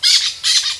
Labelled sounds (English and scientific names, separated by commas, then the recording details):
Brown-throated Parakeet (Eupsittula pertinax) contact call
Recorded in Venezuela
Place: Guárico; Corozopando; Fundo La Fe
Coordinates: 8.506, -67.593